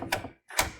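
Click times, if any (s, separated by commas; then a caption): 0.1 s, 0.6 s. A torque-limiting screwdriver double-checks the screws in a PC case, giving two sharp clicks at 0.1 s and 0.6 s with a short near-silent gap between them. Each click is the driver reaching its preset torque, confirming the screws are tight.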